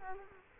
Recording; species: mosquito wingbeat signal from an infrared sensor; Culex quinquefasciatus